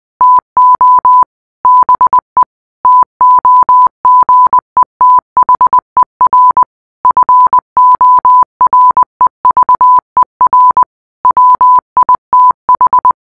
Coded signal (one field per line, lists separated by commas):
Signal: Morse code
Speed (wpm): 20 wpm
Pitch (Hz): 1000 Hz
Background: none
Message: TO BE TOGETHER FOREVER WITH